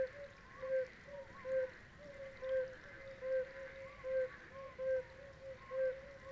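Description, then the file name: Oriental fire-bellied toad chorus: mellow, rounded low notes given in a steady series under a second apart, with overlapping fainter calls and faint hiss. Several toads singing at Xi Shan, 18 April 2026, 19:20. "2026-04-18-1920-Oriental-Fire-bellied-Toads-singing-Xi Shan"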